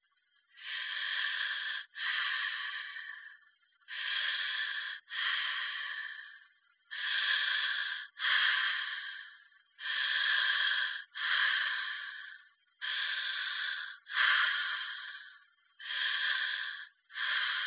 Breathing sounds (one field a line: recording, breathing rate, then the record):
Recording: paced breathing near a phone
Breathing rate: 20 breaths a minute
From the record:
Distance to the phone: 20 cm